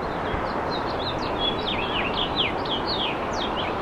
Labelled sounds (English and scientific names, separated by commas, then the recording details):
House Finch (Haemorhous mexicanus) song
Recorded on Long Island, New York, on 17 April 2012
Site GW
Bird B